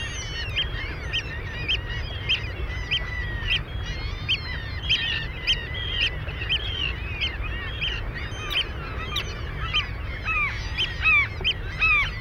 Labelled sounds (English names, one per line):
Eurasian Oystercatcher call